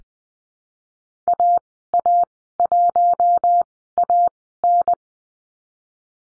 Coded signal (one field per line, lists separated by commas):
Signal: Morse code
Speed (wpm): 20 wpm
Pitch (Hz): 700 Hz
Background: none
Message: AA1AN